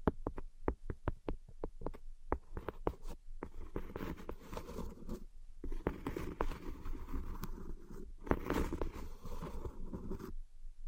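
Invisible tapping and scratching: a run of quick, evenly spaced taps opens the first three seconds. Then dense, rough scratching takes over, rising and falling in bursts with a few sharp clicks, pausing briefly near five seconds and swelling again around eight.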